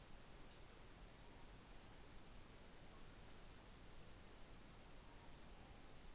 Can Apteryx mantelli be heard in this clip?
no